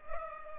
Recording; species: mosquito wingbeat signal from an infrared sensor; Culex pipiens